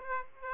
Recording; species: mosquito wingbeat signal from an infrared sensor; Aedes aegypti